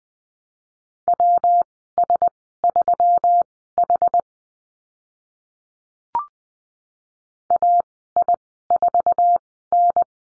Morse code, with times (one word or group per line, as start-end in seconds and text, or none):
1.1-4.2 WS3H
7.5-10.0 AI4N